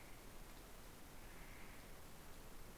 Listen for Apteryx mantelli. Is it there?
no